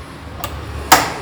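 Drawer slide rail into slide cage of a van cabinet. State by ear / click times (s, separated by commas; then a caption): seated / 0.9 s. A drawer slide rail is pushed into its cage in a van's wooden cabinet, giving a faint tick at 0.4 s and then a sharp, loud click at 0.9 s. The rail snaps back into its clip and is seated, so it can no longer come out.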